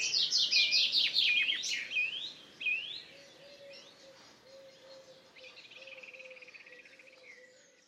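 Common chaffinch song: a quick cascade of high, trilled notes at the start, then weaker notes, while low, drawn-out notes repeat in the background.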